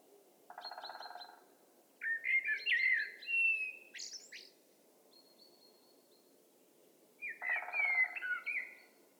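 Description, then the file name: Common blackbird singing two mellow, fluty warbled phrases, the first ending in a high squeaky twitter, with a harsh buzzy rattle before the first phrase and under the second. "Turdus merula"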